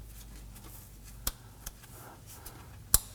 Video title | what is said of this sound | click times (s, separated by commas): How to Replace Transmission Speed Sensor 2015-2024 Nissan Murano 3.5L V6 | You're going to feel it and hear it lock in a position. | 2.9 s